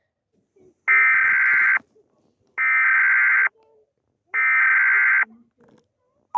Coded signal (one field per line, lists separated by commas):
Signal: Emergency Alert System (SAME) tones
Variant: header bursts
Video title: EAS Alert #2 (KHTA) - Child Abduction